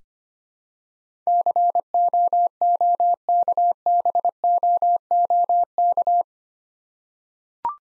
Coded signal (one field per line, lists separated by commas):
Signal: Morse code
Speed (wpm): 25 wpm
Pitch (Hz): 700 Hz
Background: none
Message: COOKBOOK